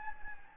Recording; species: mosquito wingbeat signal from an infrared sensor; Anopheles gambiae